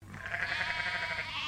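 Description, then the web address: Sheep giving a single sustained, wavering bleat with a rich harmonic tone, holding steady for over a second. A group bleating. "Sound Effects-Foundation 1 ANIMAL SHEEP DORPER GROUP BAA"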